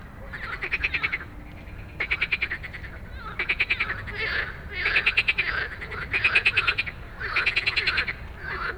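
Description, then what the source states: Frogs giving rapid pulsed rattling croaks in bursts of about a second, separated by short pauses, over a softer background chorus. Dense evening frog chorus after dark in Stromovka Park, Prague, many frogs calling; 18 May 2022 from 22:08, recorded with a Sony PCM-D100.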